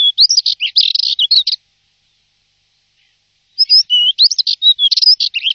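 Bird giving quick high chirps and twittering notes in two dense bursts, separated by about two seconds of silence.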